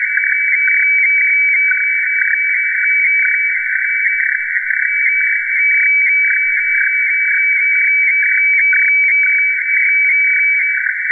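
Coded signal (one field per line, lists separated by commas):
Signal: weather fax (radiofax)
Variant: 120 LPM, IOC 576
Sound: steady warbling, scratchy tone between 1.5 and 2.3 kHz with rhythmic ticking texture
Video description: Reception of HLL2 Seoul Meteo (Seoul, South Korea) on 9165 khz (FAX 120/576)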